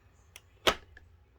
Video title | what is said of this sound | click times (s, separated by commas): Dirt Devil Power Express/Endura Lite Vacuum Review - Intellitech Studios | hear that now it's in | 0.4 s, 1.0 s